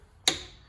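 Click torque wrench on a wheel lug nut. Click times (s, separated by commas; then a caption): 0.3 s. A click torque wrench set to 95 ft-lb is pulled on an already tight wheel lug nut and breaks over with a single sharp click at 0.3 s, which rings briefly and fades over the next few tenths of a second. The wrench clicks at its setting, confirming the lug nut is torqued.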